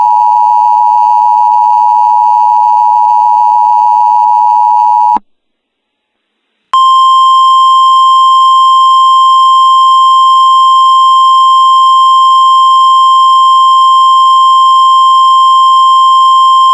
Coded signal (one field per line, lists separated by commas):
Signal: Emergency Alert System (SAME) tones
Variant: 853 and 960 Hz attention tone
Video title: EAS Mock: Bluff Point Volcano